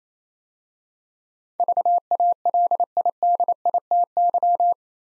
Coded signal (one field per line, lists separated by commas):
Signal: Morse code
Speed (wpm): 27 wpm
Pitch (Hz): 700 Hz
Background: none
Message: VALIDITY